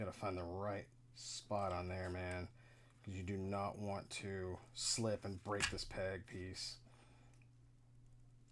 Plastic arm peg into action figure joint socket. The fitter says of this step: I don't know if it's in or not. I didn't hear a pop, but